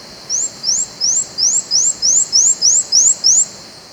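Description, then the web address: Fawn-breasted tanager song: ten thin, very high upslurred notes delivered steadily, roughly three per second, with little else audible. Recorded in Ecuador. "Natures Songs S America Birds of Ecuador 4 Fawn-Breasted Tanager"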